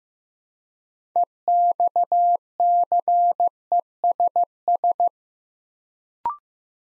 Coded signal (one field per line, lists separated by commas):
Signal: Morse code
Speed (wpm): 15 wpm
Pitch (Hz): 700 Hz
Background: none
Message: EXCESS